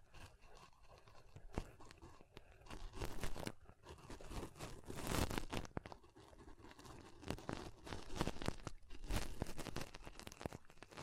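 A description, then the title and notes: Pom poms are rustled and squeezed in a dense, crackly stream of crinkling and soft tearing sounds that hardly let up. Sharper bright bursts stand out around the fifth and ninth seconds, with a brief quieter dip near four seconds. ASMR Ultimate Pom Pom Tingles (No Talking).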